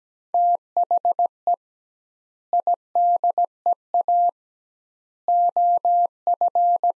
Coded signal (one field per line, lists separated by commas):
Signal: Morse code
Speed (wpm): 17 wpm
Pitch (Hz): 700 Hz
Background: none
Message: THE IDEA OF